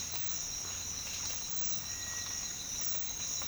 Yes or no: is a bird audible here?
no